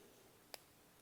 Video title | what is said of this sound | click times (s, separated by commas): Spyderco Polestar Disassembly and maintenance | that click just now that means it's sitting where it's supposed to be sitting | 0.5 s